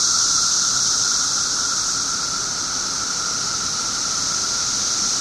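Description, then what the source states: Periodical cicadas droning in unison, a steady high buzzing wash that eases slightly in loudness partway through. 17-year periodical cicadas recorded 18 June 2007 at 1:00 pm.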